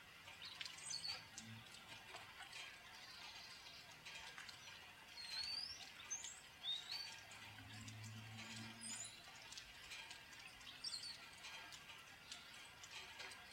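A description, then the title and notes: Birds call over a steady bed of rain, with short chirps and quick rising whistles scattered across the clip, clustering around five to seven seconds and again near nine and eleven. Fine pattering and ticking run throughout, and a low hum swells briefly around eight seconds. Birds and Rain, sounds of Nature.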